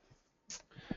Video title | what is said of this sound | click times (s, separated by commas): Tech Talk - DTG M2 - Tips for Printing Big | all right has the bases on the bottom so that way we can go in clicks into place it always registers perfectly | 0.5 s